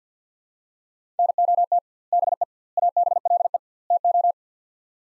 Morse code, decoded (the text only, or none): NOT BE ABLE TO